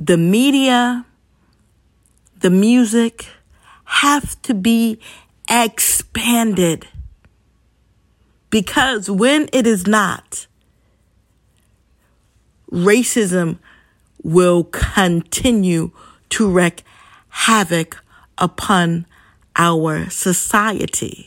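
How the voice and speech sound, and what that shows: A woman speaks in short bursts, with long silent blocks mid-phrase and stretched sounds, stumbling upon words: stuttering.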